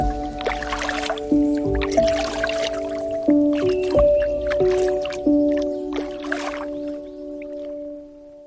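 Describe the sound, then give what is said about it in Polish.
Water of the Olszanka river in Poland, meandering through forest with ferns and tea-brown water, gurgles and splashes in irregular bursts, steady and moderately loud, with a sustained low humming tone running underneath. No one speaks. “Znajdujemy się w tej chwili nad rzeką Olszanka, w tym najpiękniejszym miejscu, gdzie ta rzeka pięknie meandruje.”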